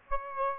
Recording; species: mosquito wingbeat signal from an infrared sensor; Aedes aegypti